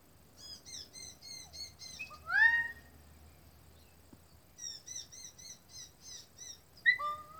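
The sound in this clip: Bird calls: a quick series of high, clipped chirps, a loud slurred note in between, then another chirp series ending with a sharp note.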